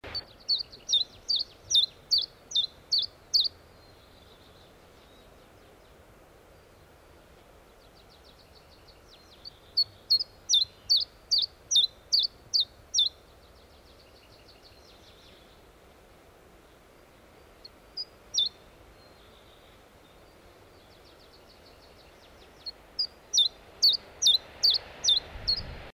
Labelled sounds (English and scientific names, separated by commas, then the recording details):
Common Chiffchaff (Phylloscopus collybita) song
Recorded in the wild
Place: Bruchberg, Niedersachsen, DE
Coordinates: 51.79, 10.5
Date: 1986-06-14
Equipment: Sony WM-D6C, Parabolscheibe
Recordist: Skiba, Reinald
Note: Wolfswarte, Nationalpark Harz